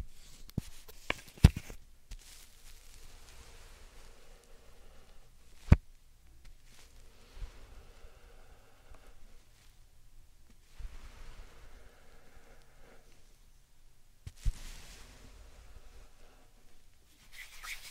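Slime and sand being squished and handled make soft, wet crackling and rustling textures that come in slow waves throughout. Sharp clicks and taps break through near the start, around six seconds, and again near fourteen seconds, with quiet pauses between.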